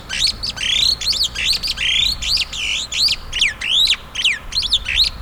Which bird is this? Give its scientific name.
Lamprotornis superbus